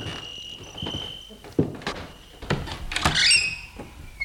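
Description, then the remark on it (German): A door opens with a rising, creaky squeal after a few soft knocks and footfalls as people go in through it, while a steady high insect chirp hums underneath the whole time. “Gehen wir rein, die Tür ist offen.”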